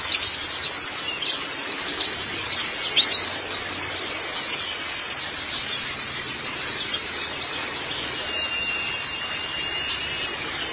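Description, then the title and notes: White-eye song, rapid high chirps and trills continuing steadily throughout. "Kicauan Burung Pleci Durasi Panjang. Suara kicauan burung pleci"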